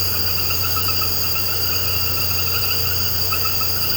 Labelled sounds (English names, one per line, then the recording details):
none
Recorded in pastures near Puerto Asís, Putumayo, Colombia, on 13 March 2025 at 20:30
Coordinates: 0.466, -76.322
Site CSA-02